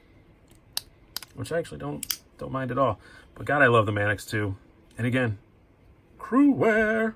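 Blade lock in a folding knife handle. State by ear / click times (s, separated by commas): seated / 0.8 s, 1.2 s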